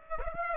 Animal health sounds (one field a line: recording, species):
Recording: mosquito wingbeat signal from an infrared sensor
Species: Aedes aegypti